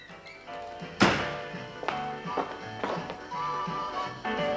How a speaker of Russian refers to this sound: Открывайтесь двери